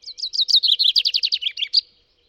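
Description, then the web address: Common chaffinch song: a rapid descending series of bright chipping notes ending with a short flourish, all within about two seconds. "Deverinetal 2025"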